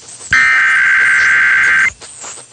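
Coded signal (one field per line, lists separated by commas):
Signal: Emergency Alert System (SAME) tones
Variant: header bursts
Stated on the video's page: Broadcast station's emergency alert equipment test on 1020 AM, received live via a KiwiSDR.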